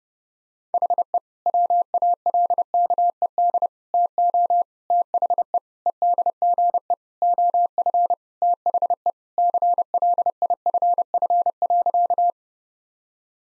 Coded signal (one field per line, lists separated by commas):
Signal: Morse code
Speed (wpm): 30 wpm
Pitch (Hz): 700 Hz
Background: none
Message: HE WALKED TO THE EDGE OF THE CLIFF.